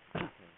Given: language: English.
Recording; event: throat vibration sensor signal played as sound; cough